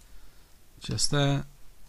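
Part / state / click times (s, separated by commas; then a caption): plastic toy panel into the toy body / not seated / none. A plastic panel of a Combiner Wars IDW G1 Megatron transforming robot toy is handled as it is pulled down toward the toy body, where it is meant to lock. Someone talks briefly over quiet handling noise. Nothing has clicked or seated into place yet.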